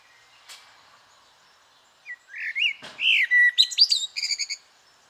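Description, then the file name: Eurasian blackbird song: a faint click, then a rich rising and falling fluted phrase followed by rapid high twittering notes. "Turdus merula"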